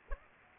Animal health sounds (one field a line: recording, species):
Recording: mosquito wingbeat signal from an infrared sensor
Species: Aedes aegypti